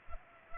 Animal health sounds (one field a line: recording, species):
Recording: mosquito wingbeat signal from an infrared sensor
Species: Culex pipiens